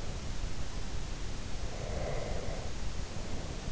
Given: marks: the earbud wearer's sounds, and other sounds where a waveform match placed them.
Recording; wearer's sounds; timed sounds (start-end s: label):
sounds in sleep by an in-ear microphone; breath
1.65-3.68 s: breath